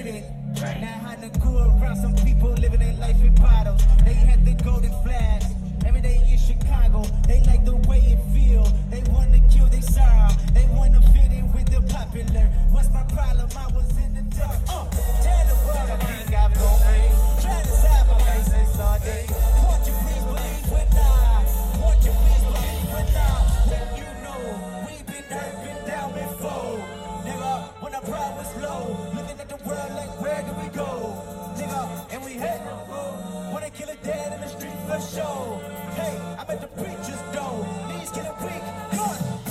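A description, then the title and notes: A walk through Glastonbury Festival, with loud amplified music booming heavy bass for the first twenty-odd seconds, the beat thickening around fifteen seconds. Near twenty-four seconds the bass drops away and the music becomes quieter and thinner, with scattered voices and crowd noise throughout. Take a walk through Glastonbury Festival from the entry gates up to the stone circle.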